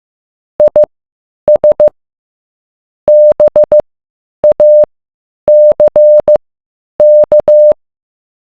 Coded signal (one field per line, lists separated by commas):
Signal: Morse code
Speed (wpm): 15 wpm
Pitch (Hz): 600 Hz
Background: none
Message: IS BACK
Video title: Morse code